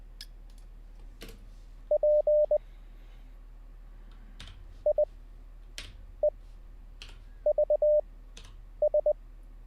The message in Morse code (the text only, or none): PIEVS